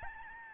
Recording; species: mosquito wingbeat signal from an infrared sensor; Aedes albopictus